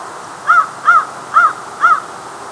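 American crow cawing: four harsh, evenly spaced caws about half a second apart, over a steady background hiss.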